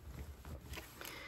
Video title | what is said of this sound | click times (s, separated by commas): Fun and Games Page Kit Workshop | and then this snaps into place now once you snap it it's going to be really hard to separate it out so just make sure | 1.0 s